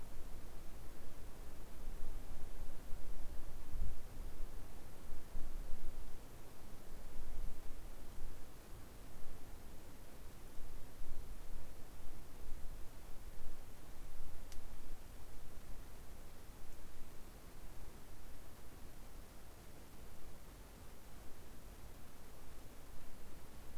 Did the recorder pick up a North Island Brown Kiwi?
no